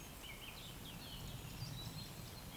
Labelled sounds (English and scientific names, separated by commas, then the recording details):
Eurasian Woodcock (Scolopax rusticola) whistle
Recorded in Baden-Württemberg, Germany, on 11 June 2020 at 20:11 UTC
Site 14569, 102 m above sea level